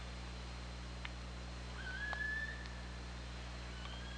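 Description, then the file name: Killer whale whistle, a thin tone held for under a second and slightly rising, with faint clicks and a steady underwater hum. Recorded on the OrcaLab hydrophone, 24 August 2017, 21:36:46. "Orca Lab UTLN JASON 20170824 213646"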